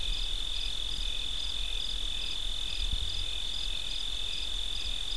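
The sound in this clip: Crickets chirping: a steady high trill runs throughout, with faint pulsed chirps repeating above it and a low rumble underneath.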